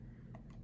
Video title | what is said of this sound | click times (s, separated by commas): Medela vs Lansinoh Manual Breast Pumps/ hand pumps/ #ibclc #lactationconsultant #breastfeeding | and then your handle will click | 0.3 s